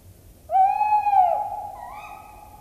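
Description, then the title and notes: Tawny owl hoot: one drawn-out note lasting nearly a second, then a softer rising tone trailing off. "Viikon luontoääni: Lehtopöllö. Juha Laaksonen"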